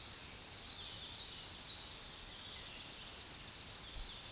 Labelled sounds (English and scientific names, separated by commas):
Tennessee Warbler (Leiothlypis peregrina) song